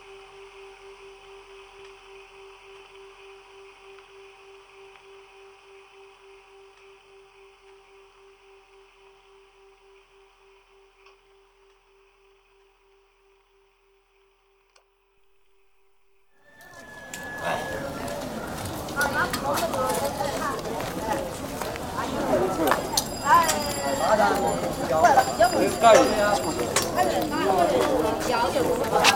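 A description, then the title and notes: A town market in Wuhan, opening on a single steady ringing tone that slowly fades to near silence by about fifteen seconds. Around seventeen seconds a dense, busy crowd bursts in, with many overlapping voices, chatter and clattering that grows louder toward the end. Town Market, Wuhan.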